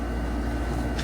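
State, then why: Not seated. A foot tube of a HOMLAND T6 toilet safety rail is being pushed into the frame tube after the two spring buttons are pressed, with the leg to be pushed until the buttons click into place. Only a steady, low rumbling background is heard, and nothing has seated or clicked yet.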